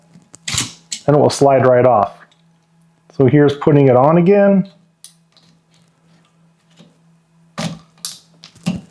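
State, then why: Seated. A wiper blade is put back onto a windshield wiper arm on a Bronco Sport after being removed. Someone talks, then there are quiet handling sounds, and the blade clicks into place on the arm at 8.1 s, followed by a few light taps. The blade is seated on the arm.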